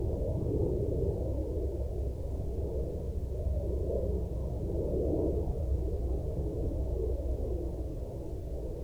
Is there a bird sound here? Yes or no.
no